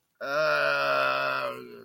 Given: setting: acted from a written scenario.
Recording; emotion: vocal sound without words; shame